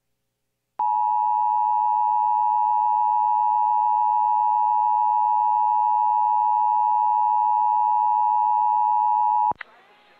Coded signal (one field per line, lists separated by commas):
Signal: Emergency Alert System (SAME) tones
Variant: 853 and 960 Hz attention tone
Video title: EAS Required Monthly Test Northwestern Michigan and Shore of Lake Michigan (October 2021)